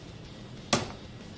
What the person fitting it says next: there's the click and I can stop again